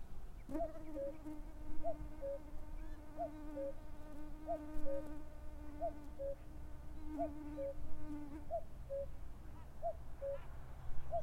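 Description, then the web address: Common cuckoo giving its two-note cu-coo, the second note lower, repeated about nine times at a steady pace over a humming drone that stops before the end. "chant xeno-canto coucou gris"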